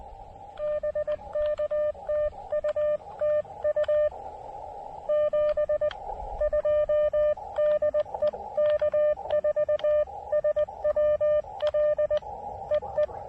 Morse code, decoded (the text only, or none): BK TU TU 72 DE K4SWL E E